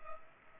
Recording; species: mosquito wingbeat signal from an infrared sensor; Culex pipiens